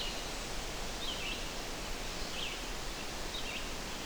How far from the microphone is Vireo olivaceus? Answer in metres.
about 65 m